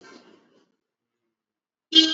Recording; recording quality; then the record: sustained vowel as in beet; poor, much background noise or distortion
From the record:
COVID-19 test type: RT-PCR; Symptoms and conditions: cough, cold, fever, muscle pain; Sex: male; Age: 32 years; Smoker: yes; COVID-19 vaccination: both doses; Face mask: worn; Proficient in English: yes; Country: India